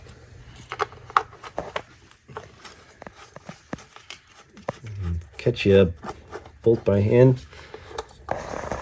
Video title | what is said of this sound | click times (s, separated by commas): How To Replace 2007-2011 Hyundai Accent Ignition Coil | The harness just clicks right into place. | 8.3 s